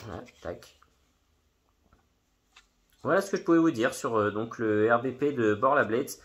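Someone talks briefly, then, after a quiet gap, an RBP knife from Borll Blades is pushed into its original sheath and locks in with a single sharp click at about 2.6 s, showing it is seated. Someone then talks again for the rest of the clip.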